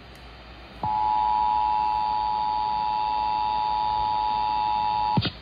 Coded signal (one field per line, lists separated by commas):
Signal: Emergency Alert System (SAME) tones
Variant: 853 and 960 Hz attention tone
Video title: EAS #172-173: Pennsylvania Required Monthly Test || 7/15/21